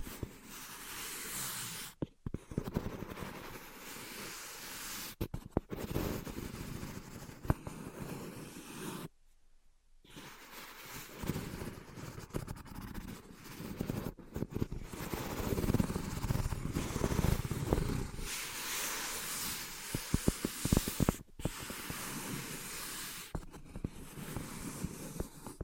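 Dense scratching and tapping fill the clip with rough, uneven noise, broken by brief silences near two, nine and twenty-one seconds.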